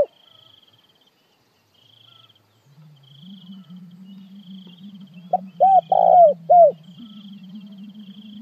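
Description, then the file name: Spotted dove delivering one phrase of a short note and three arched coos late on, over a low droning hum and a faint high insect buzz. Calling to gather the flock. "Tieng cu gay goi bay"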